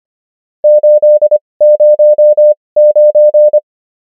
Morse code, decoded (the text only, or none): 809